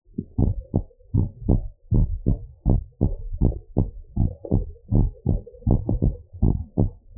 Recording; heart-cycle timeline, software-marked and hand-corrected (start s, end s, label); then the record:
heart sounds
0.00	0.10	S2
0.10	0.40	diastole
0.40	0.54	S1
0.54	0.76	systole
0.76	0.86	S2
0.86	1.16	diastole
1.16	1.28	S1
1.28	1.48	systole
1.48	1.62	S2
1.62	1.92	diastole
1.92	2.08	S1
2.08	2.28	systole
2.28	2.38	S2
2.38	2.66	diastole
2.66	2.80	S1
2.80	3.02	systole
3.02	3.14	S2
3.14	3.40	diastole
3.40	3.54	S1
3.54	3.78	systole
3.78	3.90	S2
3.90	4.20	diastole
4.20	4.32	S1
4.32	4.54	systole
4.54	4.66	S2
4.66	4.94	diastole
4.94	5.10	S1
5.10	5.30	systole
5.30	5.40	S2
5.40	5.66	diastole
5.66	5.80	S1
5.80	6.04	systole
6.04	6.14	S2
6.14	6.42	diastole
6.42	6.54	S1
6.54	6.78	systole
6.78	6.90	S2
6.90	7.17	diastole
From the record:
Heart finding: normal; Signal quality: good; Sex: female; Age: 59 years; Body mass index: 31.4